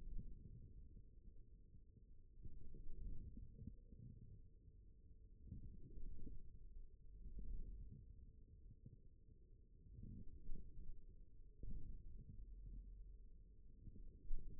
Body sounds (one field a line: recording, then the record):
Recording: forearm muscle sounds (acoustic myography)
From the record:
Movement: forearm supination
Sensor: system 1, eight BSWA MPA416 microphones around the upper forearm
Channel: 4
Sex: male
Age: 41 years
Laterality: right